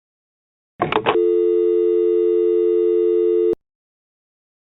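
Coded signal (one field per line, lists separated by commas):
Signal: telephone call progress tone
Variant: North America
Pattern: dial tone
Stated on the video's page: Recreation of another creator's fictional scenario; not a real alert.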